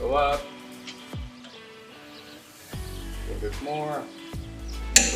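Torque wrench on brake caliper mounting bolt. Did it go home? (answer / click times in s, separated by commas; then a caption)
yes / 5.0 s. A torque wrench set in newton meters tightens a brake caliper mounting bolt in stages during a Porsche 911 track brake upgrade, with background music and someone talking. The wrench gives a sharp click at its setting at 5.0 s, confirming the bolt has reached torque.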